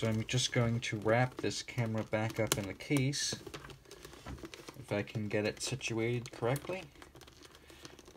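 Someone talks while putting a Nikon FTN film SLR camera body back into its leather carrying case, with soft handling and rustling noises. Small knocks are heard around 3.7 to 4.5 seconds and again near 7.2 to 7.9 seconds. The camera has not yet seated in the case, and no click has sounded.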